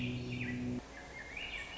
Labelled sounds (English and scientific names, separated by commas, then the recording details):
Swainson's Thrush (Catharus ustulatus)
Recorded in Sonoma County, California